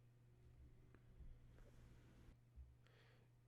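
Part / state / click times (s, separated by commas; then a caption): plastic back cover going onto a smartphone frame / not seated / none. A plastic back cover is put back in place and lined up on the frame of a Wiko Stairway smartphone, ready to be pressed so its clips snap in. Only faint handling rustles and light scrapes are heard over a steady low hum. Nothing has clicked or seated yet.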